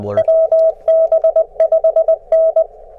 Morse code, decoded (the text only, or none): WB5N